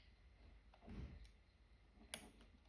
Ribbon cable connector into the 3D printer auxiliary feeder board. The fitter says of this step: So that just literally just pushes on, the clip goes towards the back until it clicks.